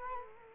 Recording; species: mosquito wingbeat signal from an infrared sensor; Culex quinquefasciatus